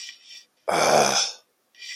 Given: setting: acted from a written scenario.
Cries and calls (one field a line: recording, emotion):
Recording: vocal sound without words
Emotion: disappointment